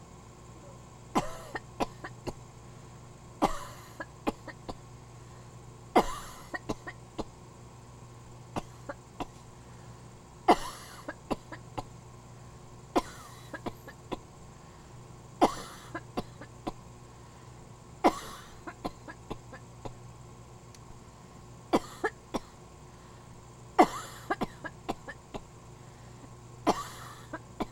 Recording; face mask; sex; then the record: voluntary coughing; surgical mask; female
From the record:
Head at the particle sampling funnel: turned sideways, cheek in front of it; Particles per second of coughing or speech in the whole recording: 0.977